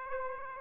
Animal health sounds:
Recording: mosquito wingbeat signal from an infrared sensor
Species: Aedes aegypti

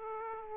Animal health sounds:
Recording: mosquito wingbeat signal from an infrared sensor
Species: Aedes aegypti

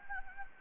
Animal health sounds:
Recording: mosquito wingbeat signal from an infrared sensor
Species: Anopheles gambiae

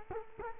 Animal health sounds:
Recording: mosquito wingbeat signal from an infrared sensor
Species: Culex quinquefasciatus

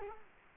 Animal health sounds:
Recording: mosquito wingbeat signal from an infrared sensor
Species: Culex quinquefasciatus

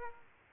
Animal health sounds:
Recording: mosquito wingbeat signal from an infrared sensor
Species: Aedes aegypti

